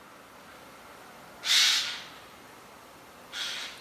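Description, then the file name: Eurasian jay giving a harsh, raspy screech, followed about two seconds later by a second, softer screech; otherwise quiet background. "Garrulus glandarius"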